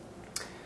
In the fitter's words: so once it's snapped in place you see the cutout in the back